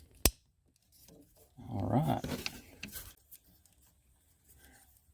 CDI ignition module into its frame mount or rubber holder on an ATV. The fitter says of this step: it should snap into place